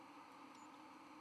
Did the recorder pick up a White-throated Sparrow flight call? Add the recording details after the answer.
yes. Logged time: 02:04 on 1 November 2014